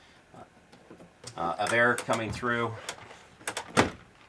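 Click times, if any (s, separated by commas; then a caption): 3.5 s. Someone talks as the adjustable lock on a dual-pane camper window frame is set in one of its venting positions. A sharp click at 3.5 s is followed by a few more short knocks as the latch locks in place.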